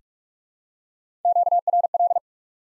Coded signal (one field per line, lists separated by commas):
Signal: Morse code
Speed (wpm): 46 wpm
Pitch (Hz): 700 Hz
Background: none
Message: QRL